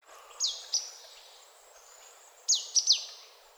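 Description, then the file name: Marsh tit calls: sharp, very high notes sliding steeply downward, a pair early on and then a quick cluster of three near the end, over faint background hiss. "Poecile palustris"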